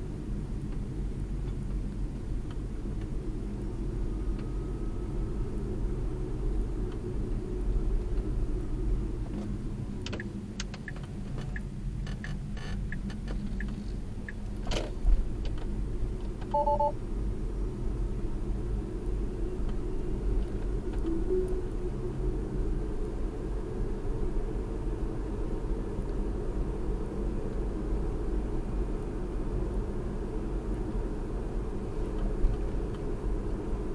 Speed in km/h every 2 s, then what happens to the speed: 26, 29, 34, 35, 31, 18, 18, 26, 32, 35, 39, 40, 45, 47, 47, 47, 47.
0-4 speeds up to 34. 7-10 brakes to 18. 12-24 speeds up to 45. 24-34 steady at about 47.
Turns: 0-6, 9-14.